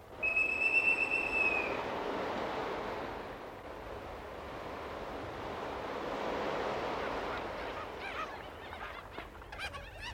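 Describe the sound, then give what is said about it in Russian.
A boatswain's whistle pipes all hands on deck aboard a ship approaching a rocky island, one shrill, steady high note for about two seconds, then gives way to a continuous rushing wash of waves and surf with no voices. “Свистать всех наверх!”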